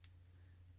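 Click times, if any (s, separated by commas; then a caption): 0.0 s. A film leader retriever's tongue sits inside a 35mm film cassette while the spool is wound, giving a single light click at 0.0 s over a steady low hum. This is the lighter first of two expected clicks, and the tongue has not yet caught the film leader.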